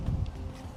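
The telescoping steel arms of a Roadmaster Falcon 2 motor home tow bar are pulled out toward their extended position, producing low rumbling handling noise and a faint brief tick at about 0.3 s. The arms have not locked into place yet.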